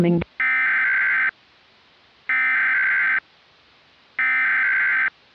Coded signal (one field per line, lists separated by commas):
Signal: Emergency Alert System (SAME) tones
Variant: header bursts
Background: speech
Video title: (VALID TONES) EAS Mock - Evil Darwin, The Conclusion (Part 4) (READ DESCRIPTION)